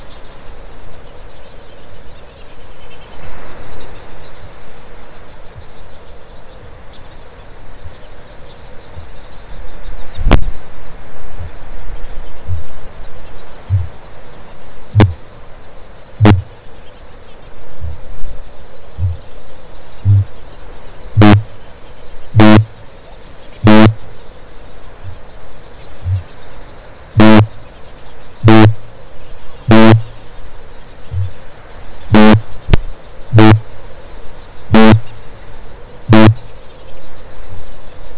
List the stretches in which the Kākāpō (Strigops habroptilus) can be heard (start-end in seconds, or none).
11.14-14.00, 14.60-16.68, 19.65-24.11, 24.82-25.27, 25.79-36.60